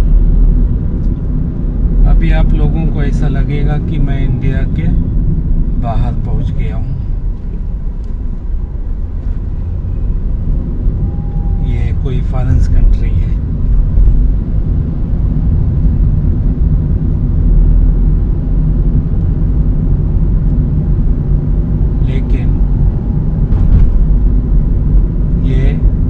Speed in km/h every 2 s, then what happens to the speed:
46, 44, 25, 4, 12, 21, 24, 27, 32, 34, 43, 44, 45.
0-6 brakes to 4. 6-20 speeds up to 43. 20-26 steady at about 44.